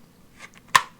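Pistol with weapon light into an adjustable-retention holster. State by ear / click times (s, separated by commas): seated / 0.8 s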